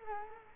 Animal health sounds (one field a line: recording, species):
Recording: mosquito wingbeat signal from an infrared sensor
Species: Culex quinquefasciatus